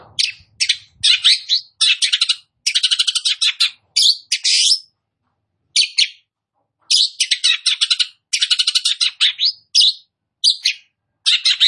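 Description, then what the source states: Long-tailed shrike song: fast, harsh, scratchy chattering bursts in quick series, separated by short pauses. Called cendet; described as gacor, singing actively.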